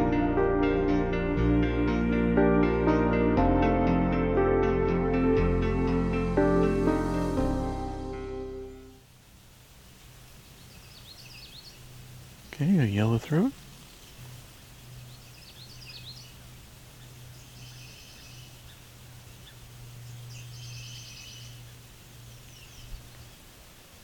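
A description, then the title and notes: Birds sing faintly and unhurriedly in the quiet of Bruce Peninsula National Park, their high, thin chirps scattered through the second half. The first nine seconds carry loud, layered sustained tones, then a low steady hum remains, broken by one loud swooping call near thirteen seconds. It's late afternoon during the summer solstice of 2021, a time of the day when the birds are singing at a slower, more relaxed pace in the quiet soundscape of the Bruce Peninsula National Park in Ontario, Canada.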